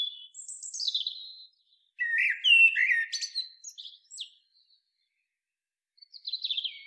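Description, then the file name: Eurasian blackbird song opening with a thin, high squeaky note, then a rich low warble and chattering flourish, and after a pause another brief high twitter. "Turdus merula"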